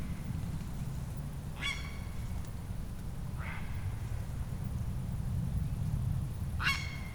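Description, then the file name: Grey heron uttering three short, rasping croaks at irregular intervals over a continuous deep rumbling background noise. "Ardea cinerea"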